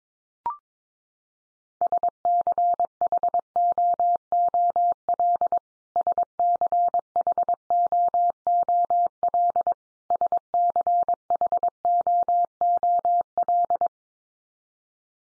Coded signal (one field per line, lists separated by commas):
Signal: Morse code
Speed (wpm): 22 wpm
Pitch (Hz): 700 Hz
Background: none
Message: SCHOOL SCHOOL SCHOOL